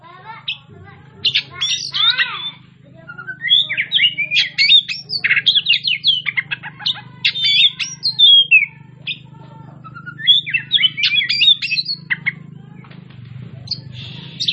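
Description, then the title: Oriental magpie-robin singing a long, rich run of rapid chirps, trills and slurred whistles over a steady low hum. Kacer Tretes, described as gacor (singing vigorously). "Kacer Tretes Gacor"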